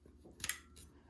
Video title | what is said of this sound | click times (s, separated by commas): I Assembled the Five Star Outdoor TV Antenna | until it clicks open | 0.4 s, 0.5 s